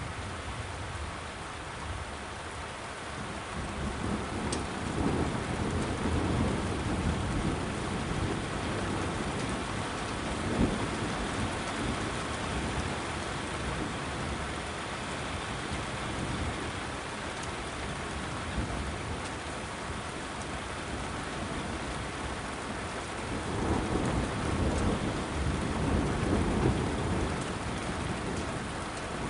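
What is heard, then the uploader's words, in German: Heavy rain pours steadily throughout, a dense hiss over a low rumbling bed. Thunder rolls in low swells, building around five to eleven seconds and again more strongly near twenty-four to twenty-seven seconds, with a few sharper cracks of rain along the way. Ein Gewitter zieht auf, kräftiger Regen | Thunderstorm, heavy rain.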